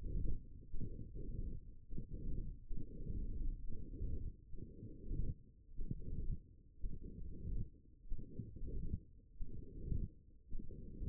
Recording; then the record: forearm muscle sounds (acoustic myography)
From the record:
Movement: hook grip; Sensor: system 1, eight BSWA MPA416 microphones around the upper forearm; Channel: 7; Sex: female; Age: 22 years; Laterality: right